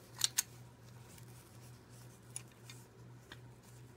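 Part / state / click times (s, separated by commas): toy car body into its base/chassis / not seated / none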